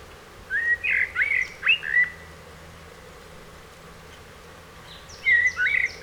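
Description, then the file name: Eurasian blackbird singing a phrase of rich, fluted whistles near the start, then a quieter gap and a second whistled phrase. "Turdus merula"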